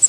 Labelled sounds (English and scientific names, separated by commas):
Pine Warbler (Setophaga pinus) flight call